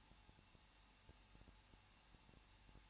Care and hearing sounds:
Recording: daily activity, microphone in the room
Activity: no activity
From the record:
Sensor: 1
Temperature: 20.1 degrees Celsius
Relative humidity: 39.2%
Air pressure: 1006.3 hPa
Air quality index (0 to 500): 218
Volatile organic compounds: 78 ppm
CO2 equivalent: 3591 ppm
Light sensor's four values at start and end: 1/2/1/1 and 1/2/1/1

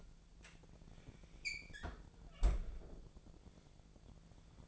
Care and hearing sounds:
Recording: daily activity, microphone in the room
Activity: close fridge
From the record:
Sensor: 5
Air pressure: 1000.2 hPa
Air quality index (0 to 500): 102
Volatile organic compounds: 1 ppm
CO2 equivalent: 822 ppm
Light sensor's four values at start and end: 244/580/248/273 and 240/570/244/268

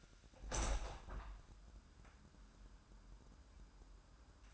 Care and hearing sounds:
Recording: daily activity, microphone in the room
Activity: open window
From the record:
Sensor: 2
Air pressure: 998.4 hPa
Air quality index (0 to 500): 151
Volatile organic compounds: 5 ppm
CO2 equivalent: 1722 ppm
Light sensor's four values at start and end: 13/30/13/15 and 13/31/14/15

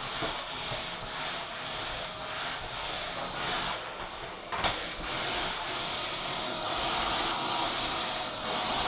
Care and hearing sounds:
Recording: daily activity, microphone in the room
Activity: vacuum cleaning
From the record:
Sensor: 5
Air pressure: 1010.3 hPa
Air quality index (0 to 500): 120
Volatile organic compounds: 2 ppm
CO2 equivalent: 1180 ppm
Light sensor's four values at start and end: 473/1205/500/555 and 466/1183/491/546

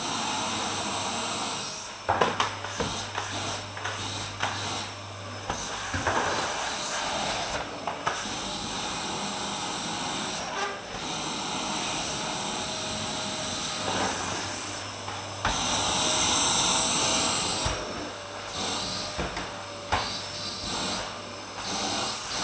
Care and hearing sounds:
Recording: daily activity, microphone in the room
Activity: vacuum cleaning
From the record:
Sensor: 2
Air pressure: 995.1 hPa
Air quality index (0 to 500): 50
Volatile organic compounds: 1 ppm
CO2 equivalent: 782 ppm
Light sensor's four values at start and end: 16/52/20/20 and 16/52/20/20

